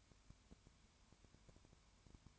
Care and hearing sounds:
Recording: daily activity, microphone in the room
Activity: no activity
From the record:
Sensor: 2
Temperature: 20.0 degrees Celsius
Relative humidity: 32.1%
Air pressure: 1001.1 hPa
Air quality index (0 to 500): 54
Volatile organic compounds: 1 ppm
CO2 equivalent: 601 ppm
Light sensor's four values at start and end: 2/3/2/2 and 2/3/2/2

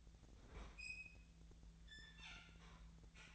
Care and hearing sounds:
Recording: daily activity, microphone in the room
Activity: open fridge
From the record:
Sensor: 3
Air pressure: 1009.6 hPa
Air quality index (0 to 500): 192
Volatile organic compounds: 15 ppm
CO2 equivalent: 2495 ppm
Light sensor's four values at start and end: 38/93/40/43 and 38/93/40/43

